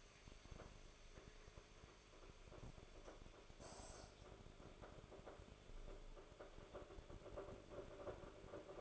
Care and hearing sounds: daily activity, microphone in the room; make coffee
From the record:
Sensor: 5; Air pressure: 1014.8 hPa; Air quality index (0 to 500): 200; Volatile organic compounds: 9 ppm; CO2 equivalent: 2132 ppm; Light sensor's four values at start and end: 17/40/16/14 and 17/40/16/14

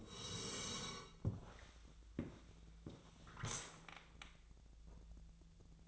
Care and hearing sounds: daily activity, microphone in the room; sit down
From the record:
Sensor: 3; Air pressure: 1000.4 hPa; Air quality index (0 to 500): 168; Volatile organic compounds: 3 ppm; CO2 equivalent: 1463 ppm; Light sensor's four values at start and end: 15/36/15/16 and 16/36/16/16

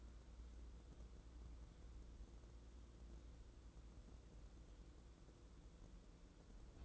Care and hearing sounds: daily activity, microphone in the room; wipe stove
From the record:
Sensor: 3

